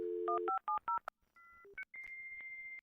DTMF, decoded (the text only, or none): 1570